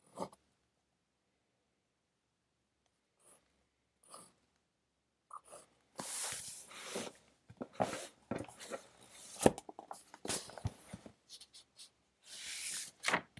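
Pencil work while studying: after a few seconds of scattered soft taps and scratches, bursts of brisk pencil scratching start around six seconds, dense and bright, broken by short pauses and sharper taps. Low rustles of paper or hand movement sit underneath.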